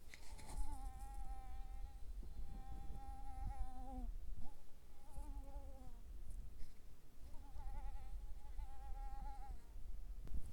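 Mosquito buzzing: a wavering whine in several stretches broken by short gaps, over constant background noise.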